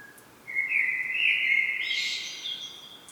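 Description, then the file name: Common blackbird giving one fluted, gently rising phrase that breaks into a high scratchy twitter at the end. "Turdus merula"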